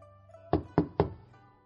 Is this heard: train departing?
no